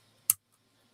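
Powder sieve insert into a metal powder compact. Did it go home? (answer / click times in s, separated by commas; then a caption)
yes / 0.3 s. The small metal powder sieve of a vintage metal powder compact, which keeps the powder from spilling and still has some powder in it, is pressed back into its seat inside the case. A single sharp click sounds at 0.3 s as the sieve snaps into place, followed by a faint tick around 0.5 s.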